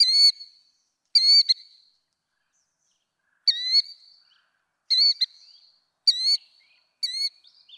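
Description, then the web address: Killdeer giving loud, shrill, clear cries, each note rising then dropping, repeated irregularly about once every second or two, with nothing else audible. "birdsongforthecurious. Killdeer"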